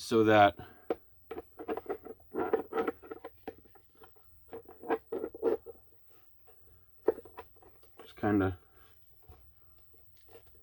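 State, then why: Not seated. Someone talks while a plastic helmet section is handled and fitted into a costume helmet built with magnets, with short light tapping and handling knocks around 0.9, 1.3, 1.8, 2.5, 2.9 and 7.1 seconds. The part has not snapped into place yet; nothing has seated or clicked by the end of the clip.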